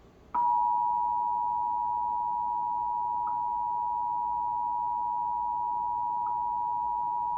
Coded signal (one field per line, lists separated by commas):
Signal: Emergency Alert System (SAME) tones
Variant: 853 and 960 Hz attention tone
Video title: Local Area Emergency ON YouTubeTV EAS #7 (From February)